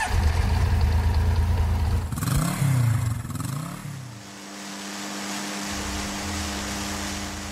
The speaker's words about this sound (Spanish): Después de que aceleraron a la moto, llegaron con un poco de retraso, pero igualmente alcanzaron a entrar antes de que les cerrara el portón.